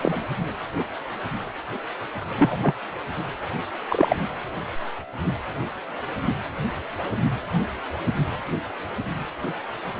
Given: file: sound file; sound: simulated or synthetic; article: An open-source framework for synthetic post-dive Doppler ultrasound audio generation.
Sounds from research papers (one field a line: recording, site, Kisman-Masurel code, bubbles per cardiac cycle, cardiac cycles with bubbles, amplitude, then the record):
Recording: Doppler ultrasound audio after a dive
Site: precordial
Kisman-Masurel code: 122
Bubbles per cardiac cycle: 1–2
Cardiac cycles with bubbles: 10–50%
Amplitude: moderate amplitude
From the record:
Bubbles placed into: full cardiac cycles